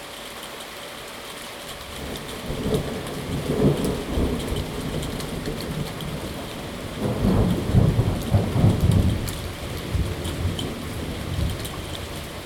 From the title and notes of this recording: Salem Oregon thunderstorm, recorded live from the Lava Lamp Lounge patio. The storm began at roughly 4:30 PM. This is a raw audio recording, made with a ZOOM H2n Recorder. Thunder Storm.